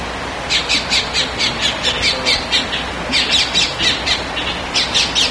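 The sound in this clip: Bird calling, a rapid series of short harsh squawks over a steady background hiss.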